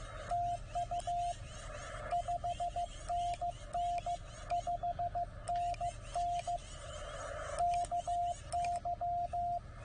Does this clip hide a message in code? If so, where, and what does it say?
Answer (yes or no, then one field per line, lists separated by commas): yes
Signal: Morse code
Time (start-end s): 0.3-9.6 s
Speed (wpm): 15 wpm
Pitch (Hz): 690 Hz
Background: radio noise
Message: TU 5NN 5NN KY